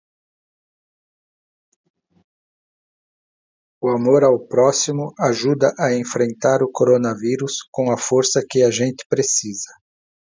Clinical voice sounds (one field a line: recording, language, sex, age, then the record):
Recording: spoken sentence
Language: Brazilian Portuguese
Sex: male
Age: 50 to 59 years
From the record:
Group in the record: control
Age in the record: 57 years